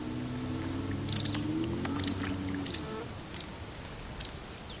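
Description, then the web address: White wagtail calls, sharp high chirps given singly or in quick pairs and triplets across about three seconds, over a low humming background. "File origin Bird Only"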